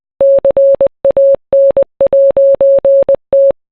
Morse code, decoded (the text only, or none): CAN'T